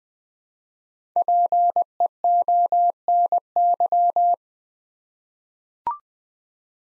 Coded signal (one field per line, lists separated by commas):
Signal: Morse code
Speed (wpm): 20 wpm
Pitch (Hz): 700 Hz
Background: none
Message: PEONY